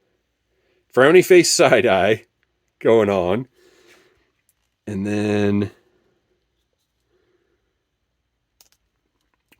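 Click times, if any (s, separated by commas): 8.6 s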